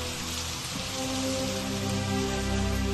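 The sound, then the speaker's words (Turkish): Steady rain falls throughout in Sydney, Australia, in 2006, a dense, hissing wash of drops spread across the highs, with a low rumbling hum underneath and no voices. “...Sydney'de yağmurlu bir”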